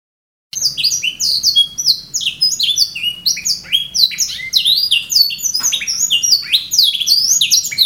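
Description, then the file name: Canary singing after a brief silence: rapid, continuous cascades of sharp descending whistles mixed with dry rattling trills, all high-pitched. Canary song, labelled 'raja melodi' (melody king). "kenari raja melodi omkicau"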